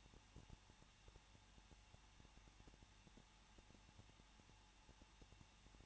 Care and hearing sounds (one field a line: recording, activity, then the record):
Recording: daily activity, microphone in the room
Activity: no activity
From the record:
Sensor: 1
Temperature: 20.1 degrees Celsius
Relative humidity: 39.2%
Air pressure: 1006.3 hPa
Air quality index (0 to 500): 218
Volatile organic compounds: 77 ppm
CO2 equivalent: 3583 ppm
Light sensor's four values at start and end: 1/2/1/1 and 1/2/1/1